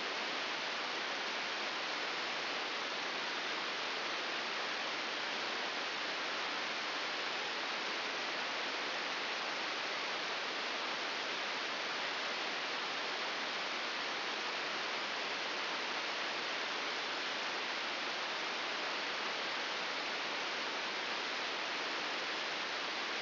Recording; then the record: brain microelectrode recording played as sound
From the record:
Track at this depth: inside the subthalamic nucleus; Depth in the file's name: 4.208 mm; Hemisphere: right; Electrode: 3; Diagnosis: Parkinson's disease